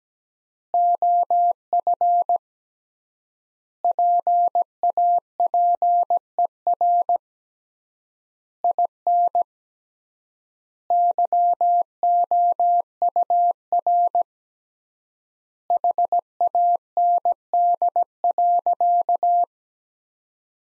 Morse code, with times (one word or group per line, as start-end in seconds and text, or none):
0.7-2.4 OF
3.8-7.2 PAPER
8.6-9.4 IN
10.9-14.2 YOUR
15.7-19.4 HAND.